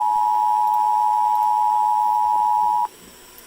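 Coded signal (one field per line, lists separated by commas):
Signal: Emergency Alert System (SAME) tones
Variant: 853 and 960 Hz attention tone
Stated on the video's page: Florida Amber Alert relayed as a civil authorities unknown event through an encoder relay program.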